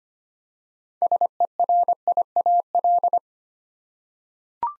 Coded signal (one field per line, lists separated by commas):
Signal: Morse code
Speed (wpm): 25 wpm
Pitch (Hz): 700 Hz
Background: none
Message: SERIAL